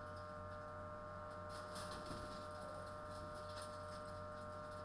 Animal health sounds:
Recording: poultry house recording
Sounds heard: no chicken sound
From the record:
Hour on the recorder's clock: 21

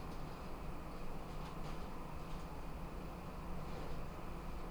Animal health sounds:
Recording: poultry house recording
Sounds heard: no chicken sound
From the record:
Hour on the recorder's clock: 22

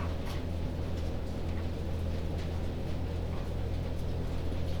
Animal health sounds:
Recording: poultry house recording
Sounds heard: sick chickens (respiratory disease)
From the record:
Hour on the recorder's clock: 22

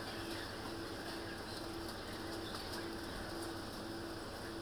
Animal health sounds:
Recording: poultry house recording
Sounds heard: healthy chickens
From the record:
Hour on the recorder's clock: 22

